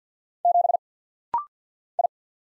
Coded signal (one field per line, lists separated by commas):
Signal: Morse code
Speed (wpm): 50 wpm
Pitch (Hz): 700 Hz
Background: none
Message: 7 I